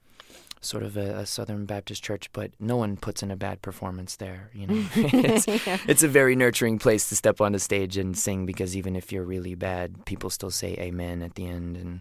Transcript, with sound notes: sort of a Southern Baptist church. But no one puts in a bad performance there, you know.
(LAUGHTER)
It's a very nurturing place to step on the stage and sing because even if you're really bad, people still say amen at the end,